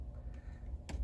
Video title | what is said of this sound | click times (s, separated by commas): Toyota Grandia Lost Gear Control - Shifter Bushing Repair | Yan, dapat nakalock na yan. | 0.9 s